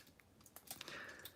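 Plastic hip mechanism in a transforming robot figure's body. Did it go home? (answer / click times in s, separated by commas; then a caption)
no / none. The plastic hip mechanism in a transforming robot figure's body is handled and pulled toward the front, with light clicks and scraping of plastic parts. Nothing has seated or snapped into position yet; the clip ends just before the hip joint goes home.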